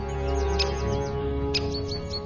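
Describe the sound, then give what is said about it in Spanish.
Small birds in a wide forest give sharp, high-pitched alarm chirps at a little owl leaving its home, in quick scattered bursts, two standing out louder than the rest, over a steady low rumbling hum. “Cada vez que sale de su casa, todo el mundo da la alarma.”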